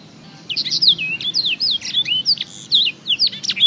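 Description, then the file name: Black-throated canary singing after a brief quiet start, a lively chain of high warbled slurs and quick chips. Full song. "audio kenari new obelix jr full blackthroat"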